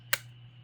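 A plastic body retaining clip is pushed onto the body post of a Mini-z RC car and snaps into place with one sharp, bright click at 0.1 s, over a faint steady hum. The clip is seated.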